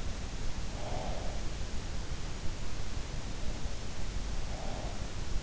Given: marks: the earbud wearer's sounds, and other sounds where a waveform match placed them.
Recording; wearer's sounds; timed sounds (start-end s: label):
sounds in sleep by an in-ear microphone; breath
0.00-2.22 s: breath
3.58-5.17 s: breath